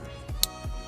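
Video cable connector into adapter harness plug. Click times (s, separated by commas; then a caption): 0.4 s. A factory video cable connector on an Acura TLX (2014–2020) is pushed into the matching plug on the add-on HON3 harness during a VLine install, and its plastic latch gives a single sharp click at 0.4 s over steady background music with low thumps. The connector is seated and clicked in.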